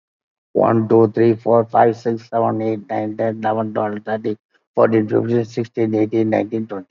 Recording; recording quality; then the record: counting at a fast pace; excellent, no background noise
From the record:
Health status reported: exposed to COVID-19, no respiratory illness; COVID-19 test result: negative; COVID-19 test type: RT-PCR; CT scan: taken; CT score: 5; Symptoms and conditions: cough, cold, sore throat, fatigue, loss of smell and taste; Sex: male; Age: 65 years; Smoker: yes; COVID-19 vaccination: both doses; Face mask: worn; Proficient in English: no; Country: India